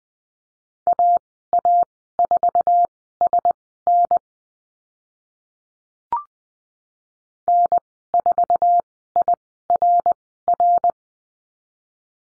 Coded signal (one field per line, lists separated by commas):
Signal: Morse code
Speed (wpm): 20 wpm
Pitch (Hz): 700 Hz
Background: none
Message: AA4SN N4IRR